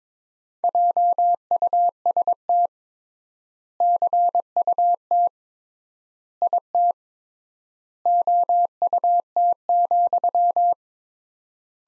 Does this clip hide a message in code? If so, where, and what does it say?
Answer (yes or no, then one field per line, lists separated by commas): yes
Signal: Morse code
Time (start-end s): 0.6-10.7 s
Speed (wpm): 22 wpm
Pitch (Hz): 700 Hz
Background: none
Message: JUST CUT IT OUT,